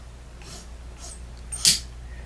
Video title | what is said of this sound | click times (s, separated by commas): OWI Robotic Arm Edge Unboxing & Construction | little click you heard is the clutch because I show the gears earlier that go inside the these | 1.7 s